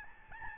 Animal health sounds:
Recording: mosquito wingbeat signal from an infrared sensor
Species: Aedes albopictus

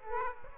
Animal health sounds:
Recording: mosquito wingbeat signal from an infrared sensor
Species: Aedes aegypti

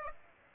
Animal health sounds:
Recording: mosquito wingbeat signal from an infrared sensor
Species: Aedes aegypti

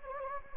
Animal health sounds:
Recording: mosquito wingbeat signal from an infrared sensor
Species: Anopheles gambiae

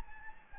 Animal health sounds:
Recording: mosquito wingbeat signal from an infrared sensor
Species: Anopheles gambiae

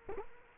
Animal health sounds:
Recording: mosquito wingbeat signal from an infrared sensor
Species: Culex quinquefasciatus

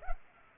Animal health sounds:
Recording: mosquito wingbeat signal from an infrared sensor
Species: Culex pipiens

